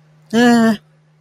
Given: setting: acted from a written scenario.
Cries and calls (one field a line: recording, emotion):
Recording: vocal sound without words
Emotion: neutral